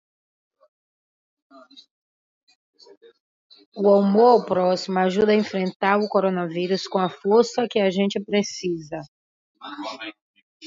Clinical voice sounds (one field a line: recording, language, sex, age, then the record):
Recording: spoken sentence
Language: Brazilian Portuguese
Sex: female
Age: 50 to 59 years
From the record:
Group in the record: control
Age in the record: 54 years